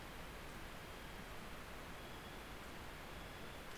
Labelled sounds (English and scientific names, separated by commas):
North Island Brown Kiwi (Apteryx mantelli) male call